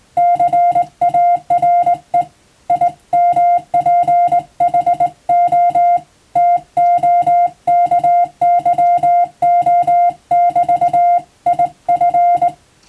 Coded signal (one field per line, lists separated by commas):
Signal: Morse code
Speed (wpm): 19 wpm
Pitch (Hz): 700 Hz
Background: music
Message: CARE IMPHO TOKYO<BT>IF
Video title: 【Radio officer morse practice】This is a Morse code practice video. There is a morse exam in japan.